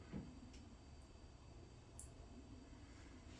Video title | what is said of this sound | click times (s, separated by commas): Arrma Fireteam Light Kit Installment By Louie's Fix It | 1, 2, 3, you're going to hear 2 clicks. | 2.0 s